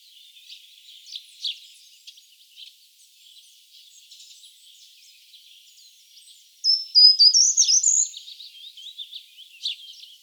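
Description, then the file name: Short-toed treecreeper singing a brief, bright phrase of rapid high notes stepping upward, standing out once from soft, scattered chirps in the background. "gartenbaumlaeufer gesang nabu lars lachmann"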